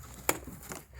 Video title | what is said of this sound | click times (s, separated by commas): Oil Catch Can Installation for Jeep Wrangler | same thing put it in you hear it click | 0.3 s